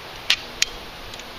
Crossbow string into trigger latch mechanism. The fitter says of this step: and you pull straight up until it clicks twice